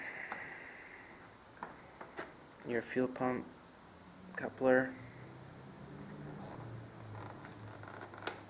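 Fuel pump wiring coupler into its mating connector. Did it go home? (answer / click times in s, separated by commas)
yes / 8.3 s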